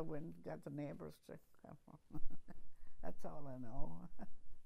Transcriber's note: chuckles